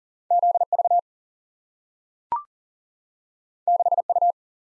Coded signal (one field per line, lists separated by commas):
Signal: Morse code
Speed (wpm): 40 wpm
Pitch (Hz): 700 Hz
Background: none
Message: ZV 6U